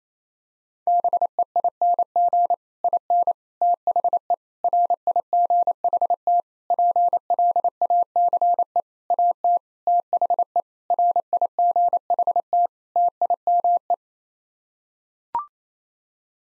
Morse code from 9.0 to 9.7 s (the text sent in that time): AT